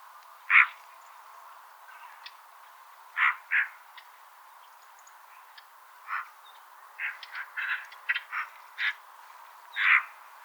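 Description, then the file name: Eurasian magpie giving harsh, rasping single notes and short pairs, spaced irregularly throughout, with a few fainter scratchy notes between them. "Pica pica"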